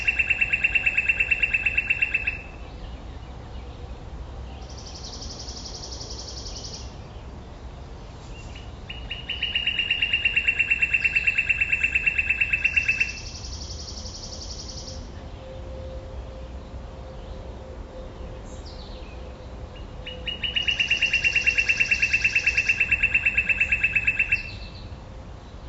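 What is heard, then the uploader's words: A dawn chorus in which one bird repeats a loud, rapid buzzing trill roughly every ten seconds, with thinner higher calls between, over a steady low rumble. Dawn Chorus With IPhone And MV88.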